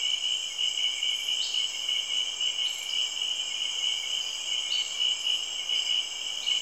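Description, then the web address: Insects trilling in a dense, unbroken high buzz, with short rising notes cutting in every so often. Insects recorded in the natural world of Cameroon, Africa. "BBC Sound Effects Library BBC 30-Africa - Natural World Cameroun, Insects And Frogs"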